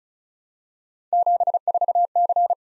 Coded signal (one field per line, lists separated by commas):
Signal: Morse code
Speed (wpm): 36 wpm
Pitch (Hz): 700 Hz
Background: none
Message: 74C